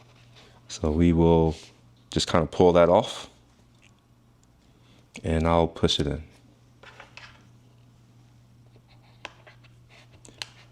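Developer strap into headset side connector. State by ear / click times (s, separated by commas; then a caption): seated / 9.2 s, 10.4 s. Someone talks, then pulls the original audio strap off an Apple Vision Pro headset and pushes the $300 developer strap module into the side connector of the headset frame. A few soft handling sounds follow, then sharp clicks at 9.3 s and 10.4 s as the strap seats and is attached, though it was actually installed incorrectly.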